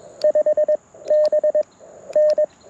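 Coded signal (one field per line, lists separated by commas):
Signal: Morse code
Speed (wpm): 21 wpm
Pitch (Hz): 610 Hz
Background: none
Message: 5 B N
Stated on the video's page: QRP Morse from a Parks on the Air activation on a Mountain Topper MTR4B with Bamatech paddles, ATU-10 tuner and PackTenna random wire.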